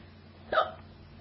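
A single abrupt, forceful hiccup from an adult woman: a brief voiced gulp against a quiet background. It is her third bout of hiccups that day, and the hiccups are loud and very hard, hurting her throat.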